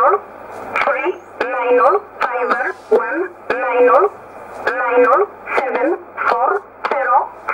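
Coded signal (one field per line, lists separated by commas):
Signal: numbers station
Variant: E11 (Oblique)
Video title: 03 03 2015 Numbers station E11 1304 on 15632 USB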